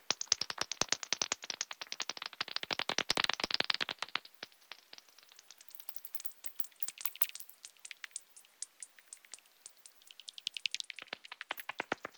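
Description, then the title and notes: Bat echolocation calls made audible, a dense stream of sharp clicks and ticks, fast and irregular, sometimes merging into rapid rattling bursts, with quieter sparse stretches in the second half. Village bats gathering around the church and Carrer Nou in Sant Bartomeu; ultrasonic echolocation calls used for orientation, made audible with an ultrasonic receiver. "SBG, Carrer Nou - Murciélagos. Carrer Nou, murcielagos. los murciélagos del pueblo se concentran alrededor de la iglesia y del Carrer Nou. Las llamadas que usan para orientarse (ecolocalización)"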